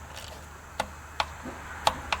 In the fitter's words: Just like that. I hope you can hear the torque wrench click.